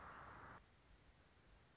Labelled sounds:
Anna's Hummingbird
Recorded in Sonoma County, California

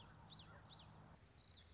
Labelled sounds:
Common Yellowthroat
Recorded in Sonoma County, California

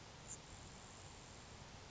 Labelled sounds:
Grasshopper Sparrow
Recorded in Sonoma County, California

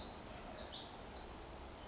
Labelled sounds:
Pacific Wren
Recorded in Sonoma County, California

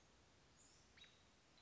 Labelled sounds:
American Robin
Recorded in Sonoma County, California

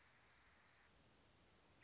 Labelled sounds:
American Robin
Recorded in Sonoma County, California

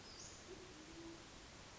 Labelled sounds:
Band-tailed Pigeon
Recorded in Sonoma County, California

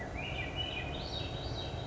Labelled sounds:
Swainson's Thrush
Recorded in Sonoma County, California

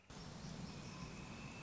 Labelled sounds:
Northern Flicker
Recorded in Sonoma County, California

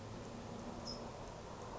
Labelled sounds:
California Towhee
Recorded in Sonoma County, California

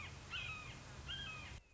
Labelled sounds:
Red-shouldered Hawk
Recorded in Sonoma County, California

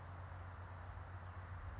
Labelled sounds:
California Towhee
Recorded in Sonoma County, California

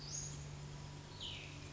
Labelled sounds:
Cassin's Vireo
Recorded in Sonoma County, California

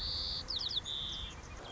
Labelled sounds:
White-crowned Sparrow
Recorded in Sonoma County, California

